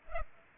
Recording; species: mosquito wingbeat signal from an infrared sensor; Culex pipiens